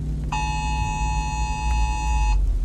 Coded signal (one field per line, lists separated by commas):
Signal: Emergency Alert System (SAME) tones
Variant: 853 and 960 Hz attention tone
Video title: Emergency Alert System